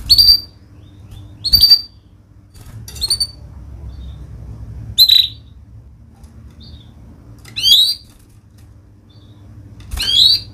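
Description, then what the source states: Canary calling in brief high chirps, six bursts spread throughout, with quiet low hum behind. Vigorous singing canary (gacor) praised for the best cengkok phrasing and the most luxurious isian fill-in notes; Indonesian songbird-keeping (kicaumania) context.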